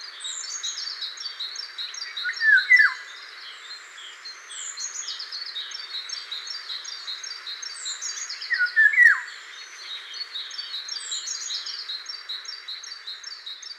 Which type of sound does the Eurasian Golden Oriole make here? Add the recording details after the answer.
song. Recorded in the wild. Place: Damtschik/Wolgadelta, RU. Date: 2006-05-22. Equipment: MiniDisc Sharp MT 20 H. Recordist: Schwarz, Dieter